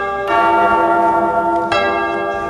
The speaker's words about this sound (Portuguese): Atenção, toca o sino, seu sacristão!